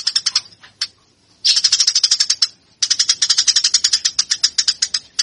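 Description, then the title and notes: Eurasian tree sparrow chirping: a few spaced high chirps, then two long bursts of rapid repeated chirps with a brief gap between them. Fighting-style (tarung) song. "MASTER GEREJA TARUNG. burung gereja"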